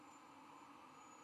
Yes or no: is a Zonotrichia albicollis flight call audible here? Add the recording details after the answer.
no. No flight call is heard. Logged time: 00:42 on 12 November 2014